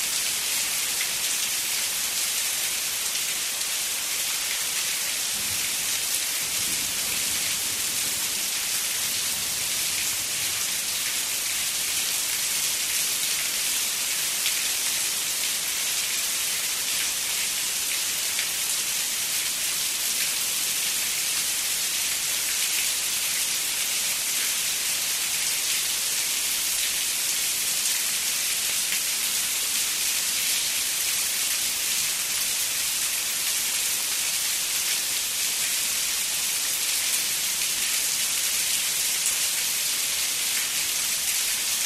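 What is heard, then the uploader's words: A steady evening rain shower falls with a dense, even hiss of countless drops, bright, holding the same level throughout. Faint low rumbles stir underneath early on, around five to ten seconds, but otherwise the pattering never changes. The calming sounds of an evening rain shower. The gentle pitter-patter of raindrops.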